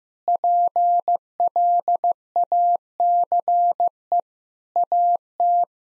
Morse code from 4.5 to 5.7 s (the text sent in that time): AT